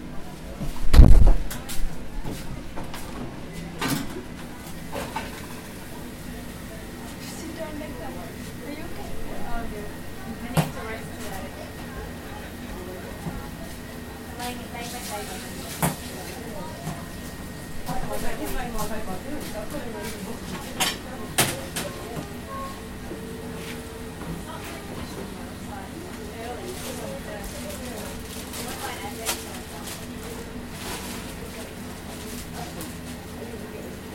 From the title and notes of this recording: Field recording of the Print Room Café's kitchen. Recorded 29 November, 2012 in stereo on Zoom H4N.